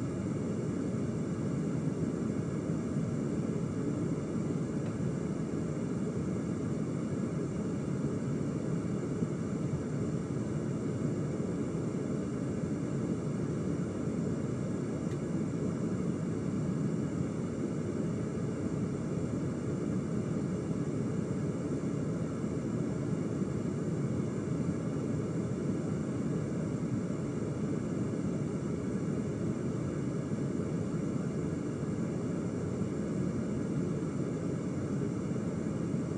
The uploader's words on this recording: ASMR Low Pitch Background Noise.